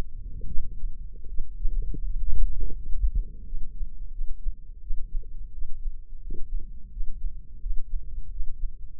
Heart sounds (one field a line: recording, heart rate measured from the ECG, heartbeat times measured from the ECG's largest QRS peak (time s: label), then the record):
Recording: heart sounds by microphone in the left ear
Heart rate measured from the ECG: 84 bpm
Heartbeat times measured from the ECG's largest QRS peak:
0.46 s: heartbeat
1.28 s: heartbeat
2.03 s: heartbeat
2.76 s: heartbeat
3.45 s: heartbeat
4.12 s: heartbeat
4.81 s: heartbeat
5.53 s: heartbeat
6.22 s: heartbeat
6.91 s: heartbeat
7.61 s: heartbeat
8.30 s: heartbeat
9.00 s: heartbeat
From the record:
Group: healthy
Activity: rest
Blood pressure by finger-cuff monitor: 168/93 mmHg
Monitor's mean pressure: 115 mmHg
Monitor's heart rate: 85 bpm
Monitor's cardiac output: 8.4 L/min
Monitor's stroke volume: 101 mL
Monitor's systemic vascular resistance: 1050 dyn s/cm5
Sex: male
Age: 57 years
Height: 188 cm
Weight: 106 kg